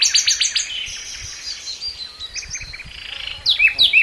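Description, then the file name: Common nightingale song with fast chirping notes, a sustained whistled passage, then sharp loud upslurred notes near the end. "Luscinia megarhynchos"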